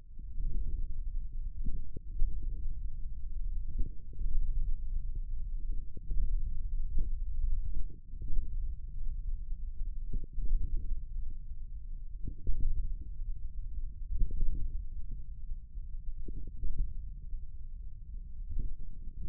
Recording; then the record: forearm muscle sounds (acoustic myography)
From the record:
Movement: thumb flexion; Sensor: system 1, eight BSWA MPA416 microphones around the upper forearm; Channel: 5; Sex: male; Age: 41 years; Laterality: right